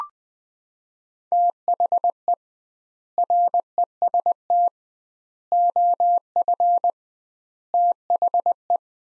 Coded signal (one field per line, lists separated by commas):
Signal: Morse code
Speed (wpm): 20 wpm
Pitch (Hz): 700 Hz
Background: none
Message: THE REST OF THE